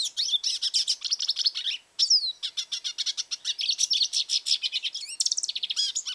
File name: hooded siskin